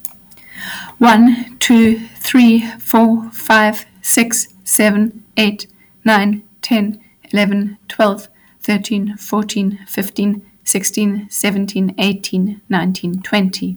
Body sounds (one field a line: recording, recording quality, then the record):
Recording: counting at a normal pace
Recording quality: excellent, no background noise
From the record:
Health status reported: respiratory illness, not identified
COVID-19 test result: negative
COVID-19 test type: RT-PCR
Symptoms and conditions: asthma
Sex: female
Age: 34 years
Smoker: no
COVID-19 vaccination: both doses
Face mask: not worn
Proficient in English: yes